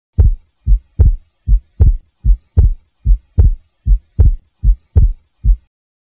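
Regular lub-dub heart sounds of a child near 74 a minute; normal splitting of the second heart sound that varies with respiration.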